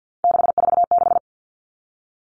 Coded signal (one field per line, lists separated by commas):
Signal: Morse code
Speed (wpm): 50 wpm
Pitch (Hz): 700 Hz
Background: none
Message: 646